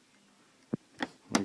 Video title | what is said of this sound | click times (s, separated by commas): Nokia 6350 How to replace LCD or Speakers | that and you hear a snap once you hear a snap in place then you just want to lift this up | 1.4 s